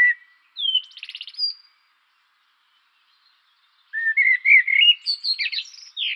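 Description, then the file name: Common blackbird singing: a short whistle and a scratchy twitter, a silent gap, then a rich fluty phrase that climbs into thin, high squeaky notes. "turdus merula"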